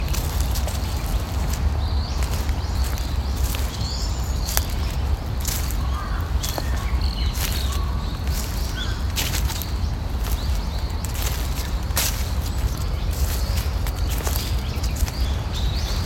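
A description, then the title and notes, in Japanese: Morning walk through a park, with a steady rushing of flowing water filling the whole clip and a strong low rumble underneath. Sharp crackling steps on dry leaves land every second or so, while faint small-bird chirps come and go. ウグイスほか。公園の朝散歩で聴こえてくる自然音。朝、公園で聴こえてくる小川のせせらぎや滝のオト、小鳥のさえずりや落ち葉ふみなど。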